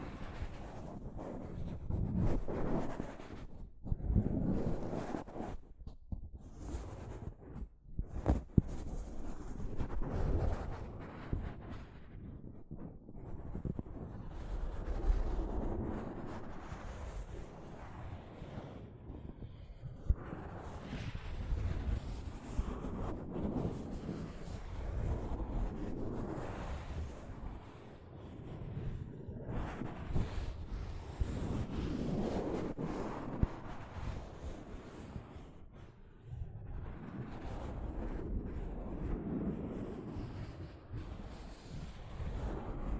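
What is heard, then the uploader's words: Soft fabric brushes against a microphone in a continuous, rumbling rustle that swells and fades in uneven waves. The sound is close, deep and muffled, with brief dips near the start and occasional sharper scrapes. No other sounds come through behind it. ASMR Mic Brushing using Soft Fabric (No Talking).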